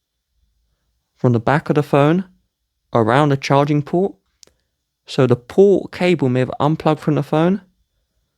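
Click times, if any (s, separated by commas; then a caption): 4.4 s. Someone talks while pressing hard with two fingers on the back of a powered-off Samsung Galaxy Z Fold 6 folding phone, around the charging port, to reseat the internal charging-port cable connector, which may have come unplugged and stopped the phone from charging. A sharp, short click at 4.4 s shows the connector snapping back into place.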